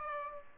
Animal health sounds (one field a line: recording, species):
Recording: mosquito wingbeat signal from an infrared sensor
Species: Aedes aegypti